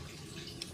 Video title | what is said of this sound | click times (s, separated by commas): Aoonu Auto Jeep Illuminated Door Sill Install JKU | push to lock style positive whatever as soon as you click it in you'll hear a positive click | 0.6 s